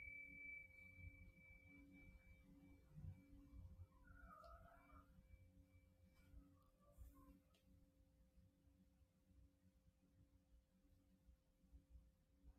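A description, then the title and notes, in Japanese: A singing bowl rings on with a steady, pure mid-pitched tone, while a fainter high overtone fades away by the middle. A low, throbbing hum pulses underneath throughout, and a few soft chirping sounds surface briefly around the fourth to seventh seconds. メキシコから シンギングボウルのサウンドヒーリング。シンギングボウルの音。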